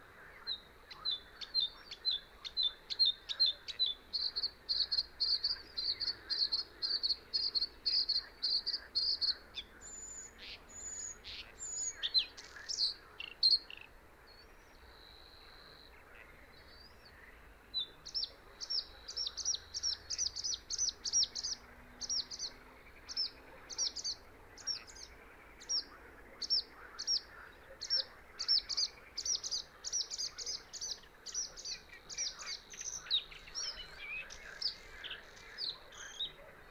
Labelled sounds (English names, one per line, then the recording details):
Bluethroat song
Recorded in the wild
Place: Gartz (Oder), Nationalpark Unteres Odertal, Brandenburg, DE
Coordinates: 53.1454, 14.366
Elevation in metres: 1
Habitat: wetland
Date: 2014-06-07 22:03
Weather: clear, 25°C, almost no wind
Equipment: Sound Devices 702, Sennheiser MKH 70, Rycote Windschutz
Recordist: Frommolt, Karl-Heinz